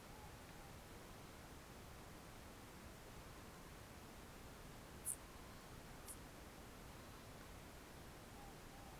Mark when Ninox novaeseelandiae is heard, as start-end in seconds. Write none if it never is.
0.00-0.70, 5.27-5.80, 8.27-8.92